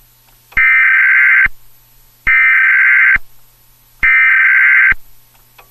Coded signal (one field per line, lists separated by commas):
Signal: Emergency Alert System (SAME) tones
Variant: header bursts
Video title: EAS Scenario - Outbreak